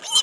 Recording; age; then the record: pig call; piglet (1 to 25 days)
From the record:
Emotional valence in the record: negative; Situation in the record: fighting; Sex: male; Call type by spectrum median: high-frequency call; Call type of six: high-frequency stable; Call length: 0.24 s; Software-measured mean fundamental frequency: 272 Hz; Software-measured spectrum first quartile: 3062 Hz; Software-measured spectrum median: 4051 Hz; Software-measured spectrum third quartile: 7032 Hz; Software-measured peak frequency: 3123 Hz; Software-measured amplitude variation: 191 dB a second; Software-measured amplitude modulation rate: 10.5 a second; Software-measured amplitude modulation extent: 18.1 dB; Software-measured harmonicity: 11.2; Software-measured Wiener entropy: -2.67